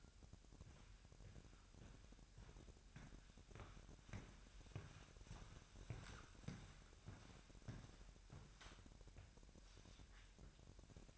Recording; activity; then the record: daily activity, microphone in the room; walk to room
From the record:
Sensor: 2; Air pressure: 1012.1 hPa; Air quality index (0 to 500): 153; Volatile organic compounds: 2 ppm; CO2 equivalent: 1106 ppm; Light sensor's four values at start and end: 84/201/83/81 and 82/195/80/79